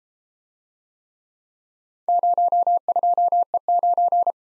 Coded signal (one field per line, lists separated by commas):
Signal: Morse code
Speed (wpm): 32 wpm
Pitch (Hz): 700 Hz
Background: none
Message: 02E9